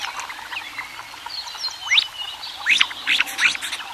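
Mandarin duck calls, several short rising whistled notes in the second half, over busy background noise.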